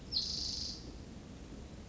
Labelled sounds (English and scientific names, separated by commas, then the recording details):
Spotted Towhee (Pipilo maculatus)
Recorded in Sonoma County, California